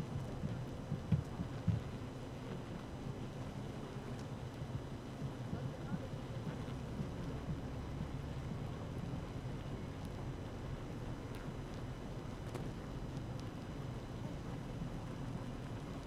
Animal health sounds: honeybee colony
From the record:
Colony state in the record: active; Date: 12 June 2018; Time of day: 7:46

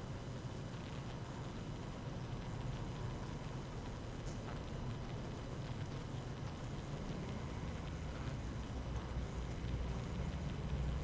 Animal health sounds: honeybee colony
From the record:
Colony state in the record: active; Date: 12 June 2018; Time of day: 6:25

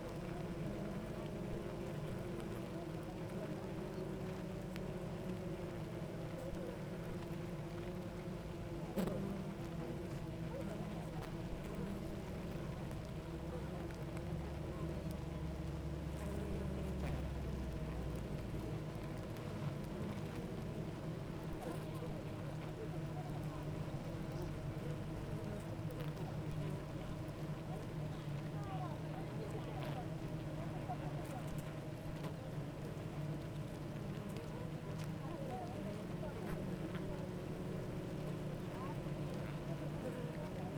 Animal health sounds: honeybee colony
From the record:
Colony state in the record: active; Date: 28 July 2017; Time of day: 9:02

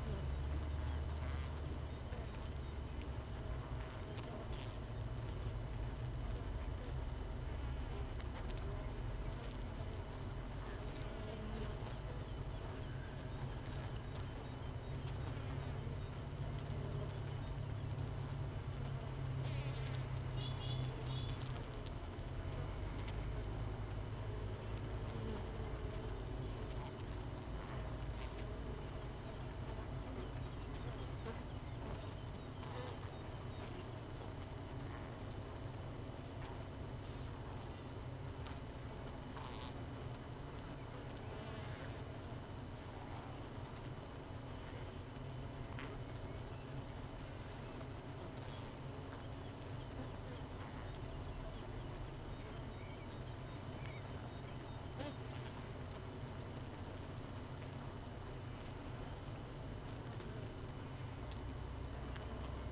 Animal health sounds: honeybee colony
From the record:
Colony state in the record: missing queen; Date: 31 May 2018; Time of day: 6:14

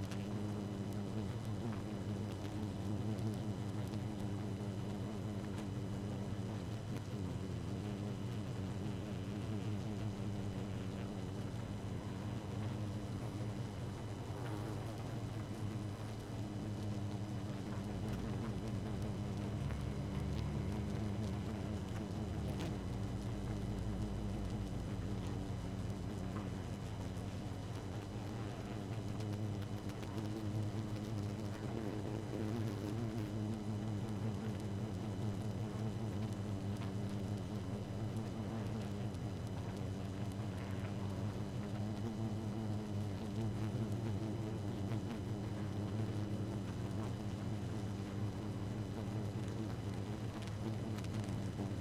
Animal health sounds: honeybee colony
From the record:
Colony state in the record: active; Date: 12 June 2018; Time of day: 0:18

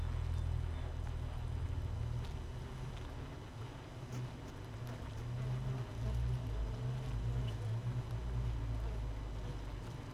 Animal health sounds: honeybee colony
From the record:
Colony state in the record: missing queen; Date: 31 May 2018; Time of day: 5:20

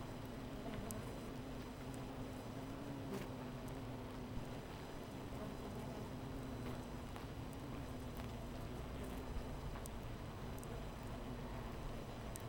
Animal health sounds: honeybee colony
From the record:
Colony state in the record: missing queen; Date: 14 July 2017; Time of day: 13:07

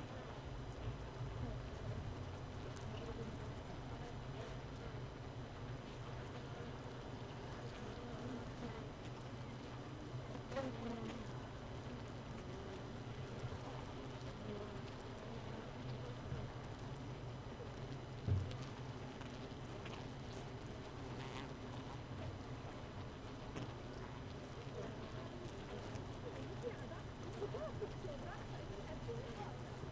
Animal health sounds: honeybee colony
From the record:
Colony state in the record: missing queen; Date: 31 May 2018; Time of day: 15:58

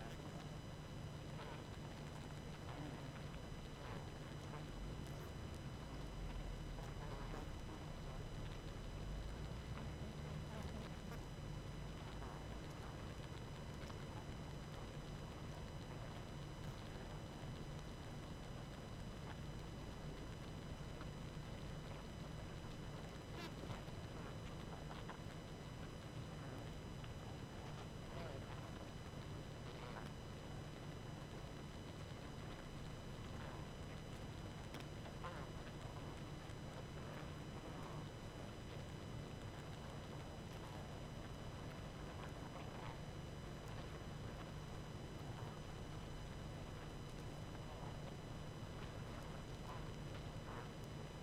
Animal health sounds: honeybee colony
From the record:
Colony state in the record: active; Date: 12 June 2018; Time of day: 21:29

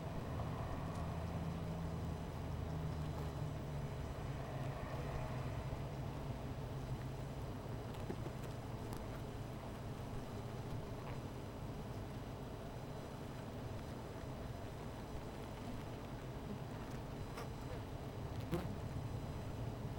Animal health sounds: honeybee colony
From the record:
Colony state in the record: missing queen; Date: 14 July 2017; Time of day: 16:41

